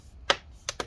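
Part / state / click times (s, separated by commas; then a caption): laptop plastic case panel clips into laptop chassis / seated / 0.3 s, 0.7 s, 0.8 s. The plastic case panel of an HP Pavilion Laptop 5t-cu000 is pressed down and inward so its retaining clips snap back into the laptop chassis. Three sharp clicks sound at 0.3, 0.7 and 0.8 seconds. The clips are seated back in place.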